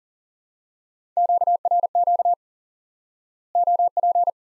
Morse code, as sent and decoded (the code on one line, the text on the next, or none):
--.- .-. --.- / --- .--.
QRQ OP